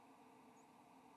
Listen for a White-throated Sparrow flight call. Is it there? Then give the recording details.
no. Another species' flight call is heard. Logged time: 05:02 on 7 November 2014